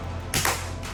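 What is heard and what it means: The lid of a Klein MODBOX plastic rolling toolbox is raised, and its hinge stay on the box body clicks twice, at 0.3 s and 0.5 s, over a steady low background hum. The stay needs a third click to lock the lid open, so with only two clicks it won't hold and the lid will fall back down.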